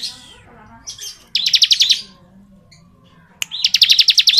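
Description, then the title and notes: Bar-winged prinia song, two quick buzzy trills of pulsed notes, the second starting with a sharp rising note, with quiet pauses between. Ngebren song style of the ciblek, used as tutor audio for training white-rumped shamas (murai batu). "Ciblek Ngebren Untuk Masteran Murai Batu. Suara burung ciblek - Suara Nada"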